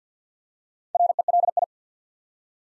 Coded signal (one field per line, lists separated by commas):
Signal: Morse code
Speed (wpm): 48 wpm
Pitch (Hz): 700 Hz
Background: none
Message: RELI